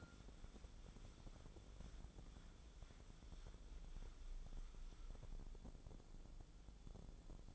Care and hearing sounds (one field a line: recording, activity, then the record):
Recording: daily activity, microphone in the room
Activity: wipe stove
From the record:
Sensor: 5